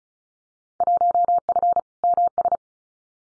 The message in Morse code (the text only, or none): 1F MS